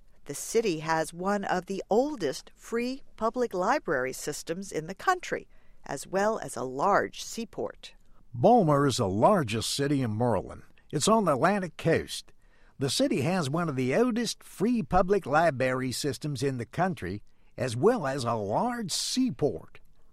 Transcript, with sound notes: The city has one of the oldest free public-library systems in the country, as well as a large seaport. (in Bawlmerese) Baltimore is the largest city in Maryland. It is on the Atlantic coast. The city has one of the oldest free public-library systems in the country, as well as a large seaport.